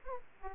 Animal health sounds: mosquito wingbeat signal from an infrared sensor; Aedes aegypti

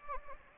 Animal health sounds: mosquito wingbeat signal from an infrared sensor; Anopheles gambiae

